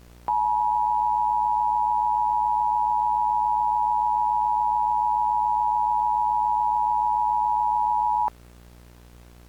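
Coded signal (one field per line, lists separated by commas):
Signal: Emergency Alert System (SAME) tones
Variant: 853 and 960 Hz attention tone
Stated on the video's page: Fictional found-footage recreation of a national emergency broadcast, not a real alert.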